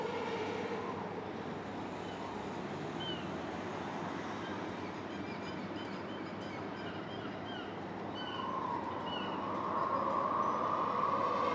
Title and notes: 9 Quai Thurot, 62200 Boulogne-sur-Mer, France - Mouettes, vent et structure métallique. Mouettes, vent et structure métallique, cliquetis des bateaux de plaisance. Prise de sons : JF CAVRO